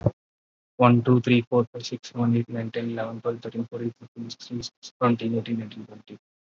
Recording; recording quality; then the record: counting at a fast pace; excellent, no background noise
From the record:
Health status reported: COVID-19 positive, mild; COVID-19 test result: positive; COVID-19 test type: RT-PCR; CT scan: not taken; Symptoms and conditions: cough, cold, breathing difficulty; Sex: male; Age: 25 years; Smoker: no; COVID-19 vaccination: none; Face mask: not worn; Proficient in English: yes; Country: India